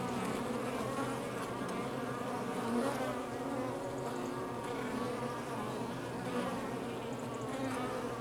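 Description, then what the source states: Honey bees droning steadily, a crowded hum where single bees drift through with slightly changing buzzy tones. Outside the hive.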